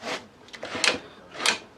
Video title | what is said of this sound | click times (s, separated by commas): UNBOXING A EVOLUTION R210CMS MITRE SAW THAT CUTS ALMOST ANYTHING | You hear clicking. | 0.9 s